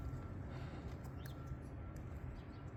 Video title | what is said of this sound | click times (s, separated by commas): Changing Spark plugs in our 2020 Hyundai Palisade limited | Oh, hold on, it's not all the way on yet. | none